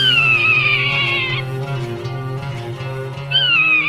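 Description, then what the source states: Swainson's hawk calls: a long, shrill, gently descending scream, then a second scream begins after a pause, over sustained low musical tones. Also called the grasshopper hawk or locust hawk; eats many grasshoppers, up to 100 per day.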